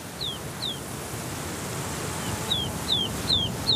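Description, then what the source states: Ptarmigan chicks giving thin, plaintive descending whistles, two early and then several more in a steady series near the end, over a steady hiss of background noise. Chicks calling to reunite the family in rugged terrain of hollows, ditches, boulders and shrubs, where staying in touch is hard; Dead Mountains.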